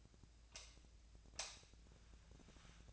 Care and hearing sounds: daily activity, microphone in the room; light off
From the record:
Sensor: 2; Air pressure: 1009.6 hPa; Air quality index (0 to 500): 181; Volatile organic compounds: 10 ppm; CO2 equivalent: 2260 ppm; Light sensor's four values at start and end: 32/85/36/38 and 27/67/29/32

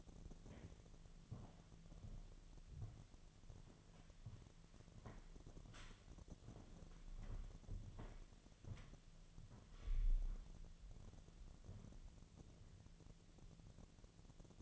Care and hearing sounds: daily activity, microphone in the room; walk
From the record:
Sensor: 4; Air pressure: 1009.1 hPa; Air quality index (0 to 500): 168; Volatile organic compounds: 4 ppm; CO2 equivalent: 1688 ppm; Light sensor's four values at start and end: 24/76/29/28 and 24/75/29/28

